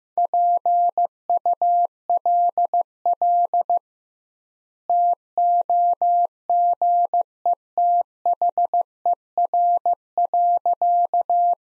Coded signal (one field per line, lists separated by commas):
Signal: Morse code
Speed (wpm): 15 wpm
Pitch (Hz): 700 Hz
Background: none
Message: PULL TOGETHER.